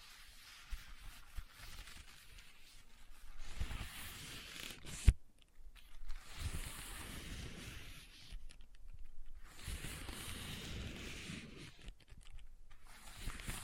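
Leather being scratched and rubbed in uneven bursts, each a dry rasping sweep that rises and fades over a second or two, with short quiet gaps between. A single sharp tap stands out near the five-second mark, and a low rumble runs underneath.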